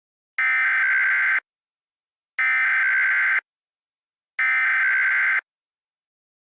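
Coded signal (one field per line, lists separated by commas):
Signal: Emergency Alert System (SAME) tones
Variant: header bursts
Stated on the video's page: Fictional EAS scenario.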